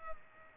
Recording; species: mosquito wingbeat signal from an infrared sensor; Culex pipiens